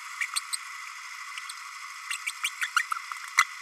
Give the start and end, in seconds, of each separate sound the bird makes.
0.20-0.26, 0.53-0.57, 2.26-2.31, 2.43-2.50, 2.61-2.67, 2.76-2.83, 3.37-3.44